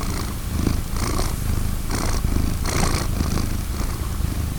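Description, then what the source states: Domestic cat purring, a steady low rumble that swells with each breath. Purring domestic cat named Vincent, recorded 19 June 2010.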